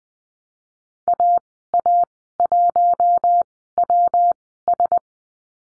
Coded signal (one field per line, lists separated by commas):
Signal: Morse code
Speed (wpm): 19 wpm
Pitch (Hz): 700 Hz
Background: none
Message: AA1WS